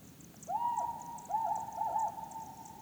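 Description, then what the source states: Hume's owl hooting, three short level hoots with quavering, stuttered breaks, over a faint high drone. Compound hooting of a presumed female.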